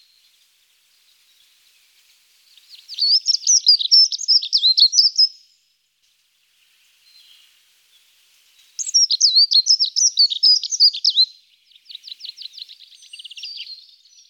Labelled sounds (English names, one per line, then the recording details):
Dunnock song
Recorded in the wild
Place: St. Peter, Hochschwarzwald / Potsdamer Platz, Baden-Württemberg, DE
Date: 1993-04-09
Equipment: Dat-Recorder Casio DA 7, Telinga DAT, Telinga-Parabolspiegel
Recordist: Schwarz, Dieter